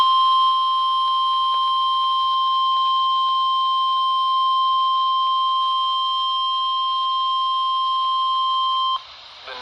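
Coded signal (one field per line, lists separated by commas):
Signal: Emergency Alert System (SAME) tones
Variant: 1050 Hz attention tone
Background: speech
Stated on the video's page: Severe Thunderstorm Warning on NOAA Weather Radio 162.500 MHz from Mount Jefferson, NC, received about 82 miles away on a RadioShack 12-254 weather radio.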